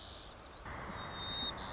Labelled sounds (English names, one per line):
White-crowned Sparrow